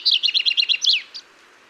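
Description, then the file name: Common chaffinch song ending: a handful of quick descending chirps, then a brisk terminal flourish and one faint trailing note. "Fringilla coelebs"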